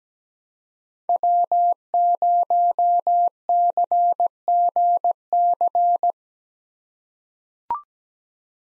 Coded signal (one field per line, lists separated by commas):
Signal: Morse code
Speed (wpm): 17 wpm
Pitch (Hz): 700 Hz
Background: none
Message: W0CGC